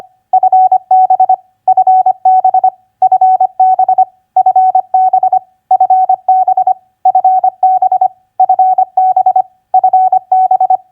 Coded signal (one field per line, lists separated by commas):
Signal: Morse code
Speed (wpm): 25 wpm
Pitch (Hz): 750 Hz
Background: none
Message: FB FB FB FB FB FB FB FB